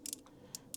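A micrometer's metal ratchet thimble is wound in on a ZZR1100 valve shim during a valve clearance check, giving short, bright, high-pitched ticks near 0.1 seconds. It then slips and clicks at its set measuring force at 0.6 and 0.7 seconds, so the shim is ready to be read.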